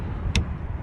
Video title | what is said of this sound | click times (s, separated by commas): How to change replace TRUNK Tail light bulbs Hyundai Santa fe 2013-2018 | till it clicks. Simple. 1, 2, 3, as you can see. | 0.4 s